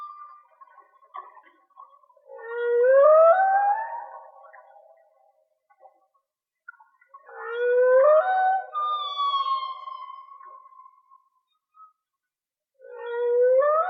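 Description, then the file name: Whale song: loud rising whoops with strong harmonics, spaced roughly five seconds apart, with a falling whistle and a steady tone between them. Linked to a whale and dolphin watching page; mono. "Whale Song-colin"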